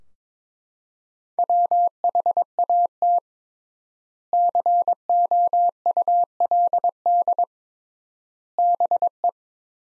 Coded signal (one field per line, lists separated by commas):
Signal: Morse code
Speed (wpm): 22 wpm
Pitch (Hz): 700 Hz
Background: none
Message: WHAT COULD BE